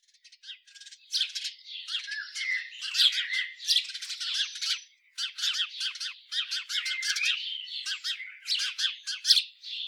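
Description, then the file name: House sparrow chattering, a continuous stream of sharp chirps and rattling notes with a short pause midway. "Passer domesticus"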